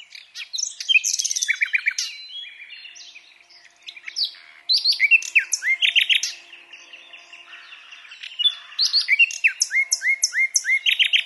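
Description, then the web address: Common nightingale singing varied phrases: rapid repeated chirps, sharp rising notes and clicking rattles, with brief pauses between bursts. "SETE Luscinia megarhynchos"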